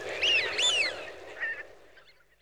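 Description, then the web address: Eurasian wigeon giving two loud whistled whee-oo calls close together, then a softer call, fading into quiet. A flock of wigeon. "BBC Sound Effects Library. Wigeon (Anas Penelope)"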